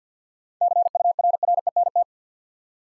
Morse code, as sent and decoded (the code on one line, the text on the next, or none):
-.-. ..- .-. .-. . -. -
CURRENT